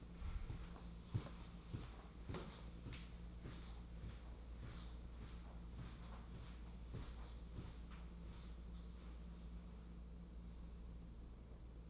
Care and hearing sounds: daily activity, microphone in the room; walk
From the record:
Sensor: 1

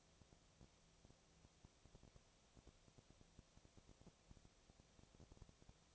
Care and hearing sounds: daily activity, microphone in the room; no activity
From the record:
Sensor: 1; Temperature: 19.6 degrees Celsius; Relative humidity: 36.5%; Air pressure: 997.1 hPa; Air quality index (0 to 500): 204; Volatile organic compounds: 129 ppm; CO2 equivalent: 3923 ppm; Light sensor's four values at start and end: 1/2/1/1 and 1/2/1/1

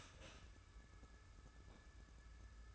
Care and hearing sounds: daily activity, microphone in the room; start toaster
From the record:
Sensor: 2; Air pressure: 994.4 hPa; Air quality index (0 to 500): 205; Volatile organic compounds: 1000 ppm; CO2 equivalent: 6748 ppm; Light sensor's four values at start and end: 126/300/126/130 and 113/269/113/115

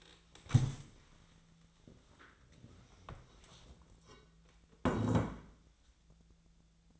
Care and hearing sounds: daily activity, microphone in the room; stand up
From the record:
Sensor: 3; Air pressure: 1000.4 hPa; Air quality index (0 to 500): 167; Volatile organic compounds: 3 ppm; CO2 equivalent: 1459 ppm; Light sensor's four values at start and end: 16/36/15/16 and 15/35/15/16

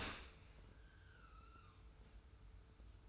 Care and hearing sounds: daily activity, microphone in the room; open dishwasher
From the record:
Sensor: 2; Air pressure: 991.2 hPa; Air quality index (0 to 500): 144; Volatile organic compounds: 309 ppm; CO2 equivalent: 4501 ppm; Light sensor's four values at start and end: 41/117/46/44 and 41/117/46/44

